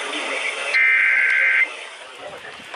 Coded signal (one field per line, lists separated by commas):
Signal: Emergency Alert System (SAME) tones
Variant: header bursts